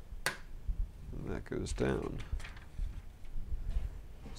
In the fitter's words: But then that clicks in there, and